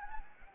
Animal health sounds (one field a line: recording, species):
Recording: mosquito wingbeat signal from an infrared sensor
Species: Anopheles gambiae